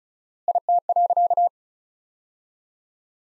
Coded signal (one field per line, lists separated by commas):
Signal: Morse code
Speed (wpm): 36 wpm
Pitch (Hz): 700 Hz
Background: none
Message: IT.